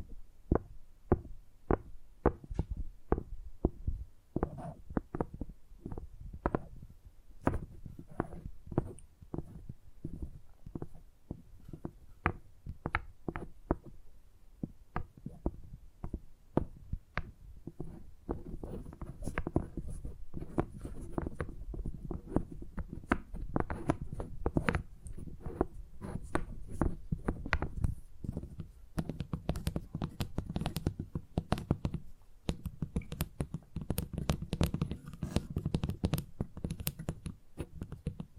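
Tingly tapping sounds: quick, dense taps in uneven bursts, each a sharp click with a soft thud beneath. A low rumbly bed grows fuller after about fifteen seconds while the tapping continues, and a faint high hiss sits over the second half.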